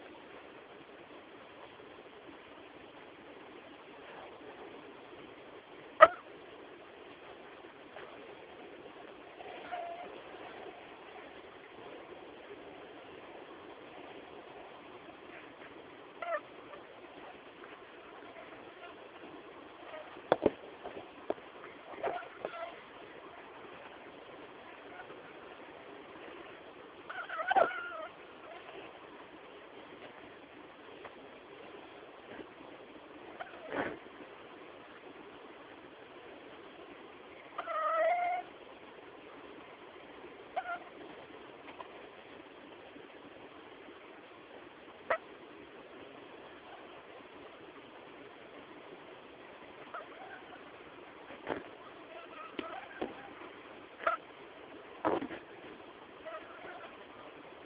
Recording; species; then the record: mosquito flight sound by mobile phone; Anopheles freeborni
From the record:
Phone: Samsung T209